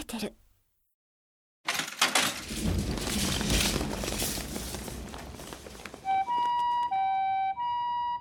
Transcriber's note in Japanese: 病院 担架の音